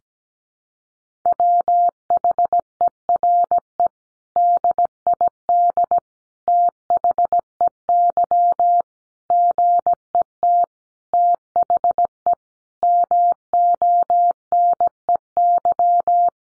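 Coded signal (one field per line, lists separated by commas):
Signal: Morse code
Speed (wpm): 17 wpm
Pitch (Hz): 700 Hz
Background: none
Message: WHERE DID THEY GET THE MONEY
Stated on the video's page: Head-copy drill of sentences from the top 400 words at 17wpm, each sent in Morse, spoken, then sent again.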